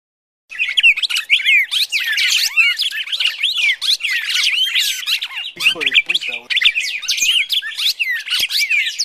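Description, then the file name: Red-crested Cardinal fighting call: a long, hurried torrent of piercing chirps and warbled slurs. Red-crested Cardinal giving a fighting (tarung) call. "suara burung red crested cardinal tarung omkicau"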